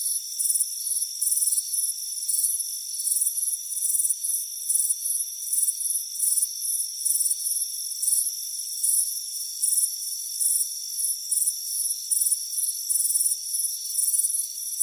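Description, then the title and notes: Crickets chirping in high, pulsed bursts repeated throughout over a steady high drone. Warm afternoon on a front porch; crickets chirping. "Soothing Crickets Chirping Sound. It's a warm afternoon as you relax in a hammock on the front porch. Relax and fall asleep to the soothing sound of chirping crickets. Deep Sleep Sounds"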